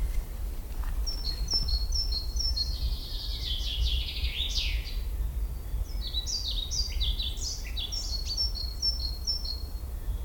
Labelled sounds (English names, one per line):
Common Chaffinch song